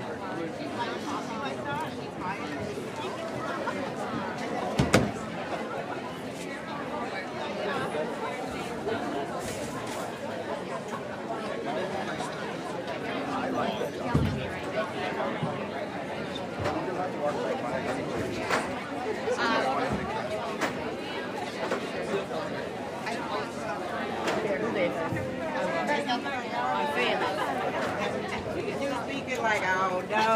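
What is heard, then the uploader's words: Dense, steady crowd chatter at a busy farmers market, many overlapping voices, with sharp clacks near five and fourteen seconds. Uptown Farmer’s Market Solo Run on a very hot Saturday morning in Phoenix Arizona. Farmers market. People talking. Turning out to be a record-breaking average temp above 110 degrees Fahrenheit, 43 degrees Celsius.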